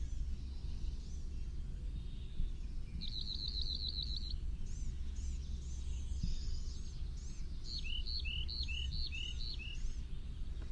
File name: ROWR song